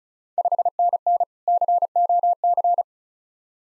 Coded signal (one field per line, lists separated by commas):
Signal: Morse code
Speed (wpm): 36 wpm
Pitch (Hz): 700 Hz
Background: none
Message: 5NN COC